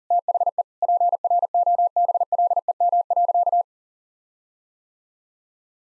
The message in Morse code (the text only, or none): THE PROBLEM.